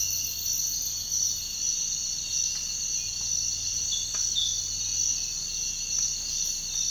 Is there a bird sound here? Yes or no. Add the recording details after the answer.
no. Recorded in dense forest near Puerto Asís, Putumayo, Colombia, on 13 March 2025 at 06:00. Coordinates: 0.484, -76.317. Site G064